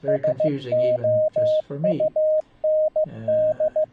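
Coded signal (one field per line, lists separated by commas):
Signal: Morse code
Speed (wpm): 15 wpm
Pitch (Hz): 620 Hz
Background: speech, radio noise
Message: SOUND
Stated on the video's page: CW ebook practice from an iCW eBook keyer, streamed through a Raspberry Pi's USB sound card to a Mumble iCW server.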